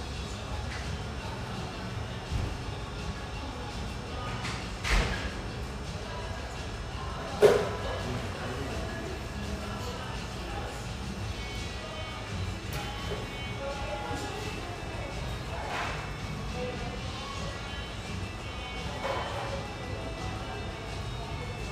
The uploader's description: the pleasant hum in this lovely espresso house near the Vancouver riverfront